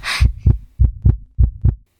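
Deep, muffled thumps come in steady lub-dub pairs, about three cycles in under two seconds, roughly 100 beats a minute. It is a heartbeat used as an ASMR sound. A brief hiss opens the clip before the beats start.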